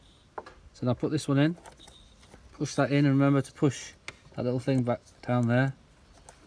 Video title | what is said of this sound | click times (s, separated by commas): How to change VW T5 T6 Air filter. | So that's clipped in there, that isn't coming off. | 6.3 s